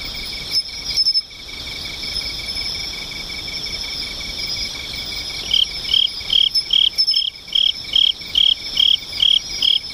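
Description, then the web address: Insect chorus trilling steadily for over five seconds, then a loud chirping insect joins, repeating about two and a half times a second to the end. "nishikawa 201110 mushinokoi"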